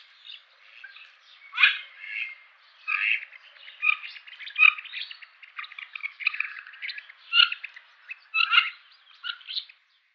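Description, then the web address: Mandarin duck calls: a dense, overlapping stream of squawky notes, with louder bursts scattered throughout. "Schulze Peter Mandarin Duck"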